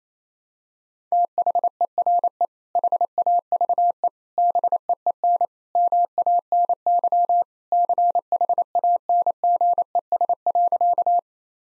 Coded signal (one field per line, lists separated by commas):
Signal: Morse code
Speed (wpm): 28 wpm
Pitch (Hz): 700 Hz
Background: none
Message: THERE HAVE BEEN MANY CHANGES.